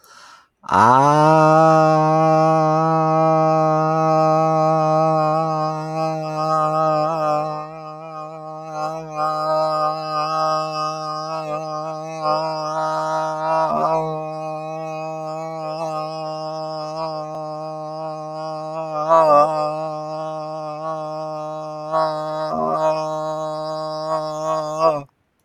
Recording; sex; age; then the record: vowel held as long as possible; male; 60 to 69 years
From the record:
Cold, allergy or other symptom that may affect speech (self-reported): no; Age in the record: 64 years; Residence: Florida, United States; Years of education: 15